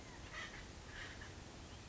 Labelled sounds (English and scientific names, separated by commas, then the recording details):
Acorn Woodpecker (Melanerpes formicivorus)
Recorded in Sonoma County, California